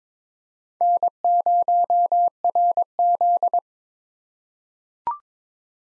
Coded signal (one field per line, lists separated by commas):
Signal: Morse code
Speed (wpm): 22 wpm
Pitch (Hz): 700 Hz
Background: none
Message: N0RZ